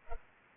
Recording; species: mosquito wingbeat signal from an infrared sensor; Culex pipiens